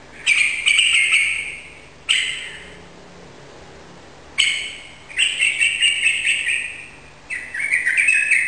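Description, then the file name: Yellow-vented bulbul song: loud, rapid bursts of bright, bubbling notes in several phrases, with short quiet gaps between them. Rapid song in the 'ropel' style, recorded indoors in a room; local Indonesian name trucukan. "suara burung trucukan ropel di ruangan"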